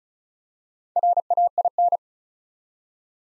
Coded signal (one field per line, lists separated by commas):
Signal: Morse code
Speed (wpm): 36 wpm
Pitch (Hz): 700 Hz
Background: none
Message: RAIN